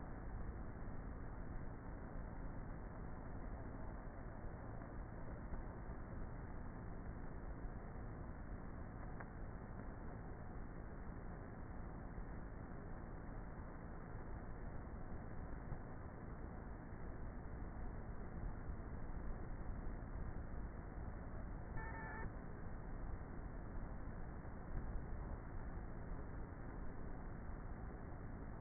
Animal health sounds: honeybee colony, microphone inside the hive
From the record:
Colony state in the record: queenless with a low population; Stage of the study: before two queens were removed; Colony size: about 30,000 bees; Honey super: no

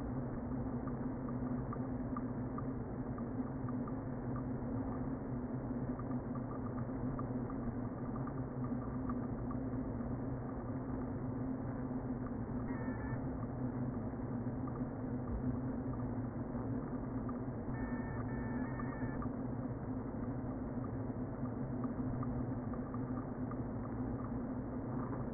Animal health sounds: honeybee colony, microphone inside the hive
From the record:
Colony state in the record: queen present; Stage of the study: before two queens were removed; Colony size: about 60,000 bees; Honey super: yes

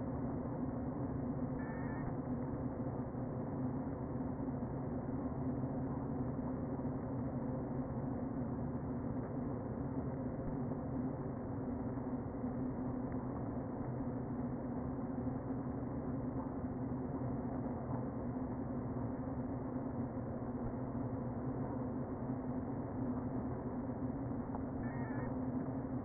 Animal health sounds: honeybee colony, microphone inside the hive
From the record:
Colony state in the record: queen present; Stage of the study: before two queens were removed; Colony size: about 60,000 bees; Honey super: yes

